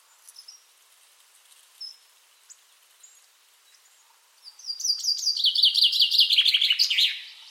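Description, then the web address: Common chaffinch song: faint scattered chirps for four seconds, then a loud rattling run of descending notes closing with a quick terminal flourish. "Deverinetal"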